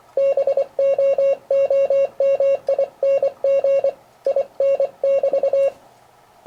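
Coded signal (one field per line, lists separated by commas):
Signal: Morse code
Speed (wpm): 24 wpm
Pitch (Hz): 550 Hz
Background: none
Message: BOOMING IN <BT>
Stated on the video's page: Morse code demonstration in an introduction to its use in ham radio.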